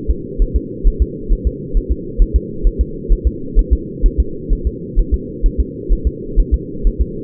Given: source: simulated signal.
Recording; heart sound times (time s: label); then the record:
fetal heart sounds
0.11 s: S2
0.42 s: S1
0.56 s: S2
0.88 s: S1
1.02 s: S2
1.33 s: S1
1.47 s: S2
1.77 s: S1
1.92 s: S2
2.22 s: S1
2.36 s: S2
2.67 s: S1
2.81 s: S2
3.12 s: S1
3.27 s: S2
3.59 s: S1
3.73 s: S2
4.06 s: S1
4.20 s: S2
4.53 s: S1
4.67 s: S2
4.99 s: S1
5.14 s: S2
5.46 s: S1
5.60 s: S2
5.93 s: S1
6.07 s: S2
6.40 s: S1
6.54 s: S2
6.87 s: S1
7.01 s: S2
From the record:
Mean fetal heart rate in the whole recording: 130 bpm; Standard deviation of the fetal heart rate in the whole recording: 2 bpm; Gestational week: 38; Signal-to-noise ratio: -4.3 dB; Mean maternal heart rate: 72 bpm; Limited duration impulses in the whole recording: absent